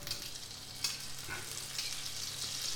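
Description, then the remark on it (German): A tablespoon of butter melts and sizzles in a hot pan inside a heated oven, a steady bright crackling hiss that runs throughout with small pops and one brief sharper tick early on. No one speaks. “Ich verteile jetzt einen Esslöffel Butter in der Pfanne im Ofen.”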